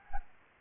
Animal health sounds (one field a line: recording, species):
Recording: mosquito wingbeat signal from an infrared sensor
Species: Anopheles gambiae